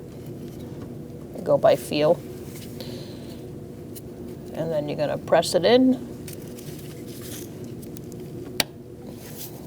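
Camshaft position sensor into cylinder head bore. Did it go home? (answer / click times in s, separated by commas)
yes / 8.6 s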